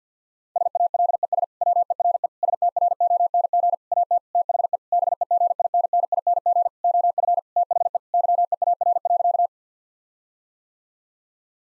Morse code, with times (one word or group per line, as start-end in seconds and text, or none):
0.6-1.4 SALES
1.6-2.3 WERE
2.4-3.7 STRONG
3.9-4.2 AT
4.3-4.8 THE
4.9-6.7 BEGINNING
6.8-7.4 OF
7.6-8.0 THE
8.1-9.5 YEAR.